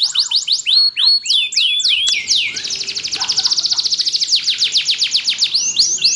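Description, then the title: Belgian canary song: separate rising whistled swoops at first, then a quick sharp trill that slows into spaced repeated notes. Belgian canary; warm-up song used to stimulate a canary to sing. "Canto Para Esquentar Canário Belga. SUARA BURUNG : Kenari"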